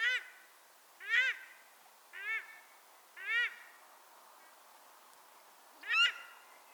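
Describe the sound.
Paradise shelduck giving harsh, nasal honks with strong harmonics, about one each second, then a pause of nearly three seconds before a final call.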